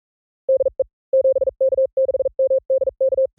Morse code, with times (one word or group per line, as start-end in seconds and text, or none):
0.5-0.8 DE
1.1-3.3 7K6MDK